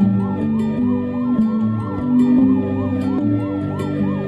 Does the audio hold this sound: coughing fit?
no